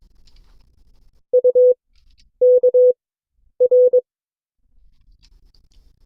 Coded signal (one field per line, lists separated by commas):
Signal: Morse code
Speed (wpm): 22 wpm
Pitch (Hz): 500 Hz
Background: none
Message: U K R